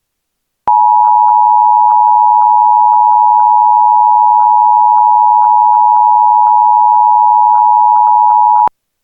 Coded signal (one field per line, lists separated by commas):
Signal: Emergency Alert System (SAME) tones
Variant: 853 and 960 Hz attention tone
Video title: EAS | Large Wildfire and Evacuations in Louisiana | NOAA Weather Radio